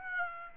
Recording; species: mosquito wingbeat signal from an infrared sensor; Aedes aegypti